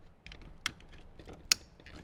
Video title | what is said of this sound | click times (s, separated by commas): Jeep Wrangler JK Sony XAV-AX6000 Plug & Play Kit Installation - 2007 - 2018 Jeep Wrangler JK | So you heard it click into place there. Locking tab is in place. | 0.7 s, 1.5 s